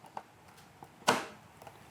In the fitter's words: and you'll hear a little snap as it catches